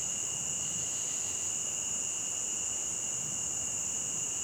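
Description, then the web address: Cricket chorus as a constant high-pitched sound over steady background noise. Crickets near a stream. "Adobe CC. Animal Ambience Crickets Near A Stream"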